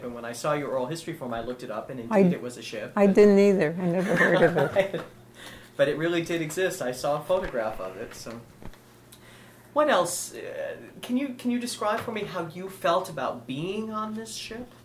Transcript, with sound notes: And when I saw your oral history form I looked it up, and indeed it was a ship.
I didn't either. I never heard of it.
( he laughs ) But it really did exist. I saw a photograph of it, so. What else, can you describe for me how you felt about being on this ship?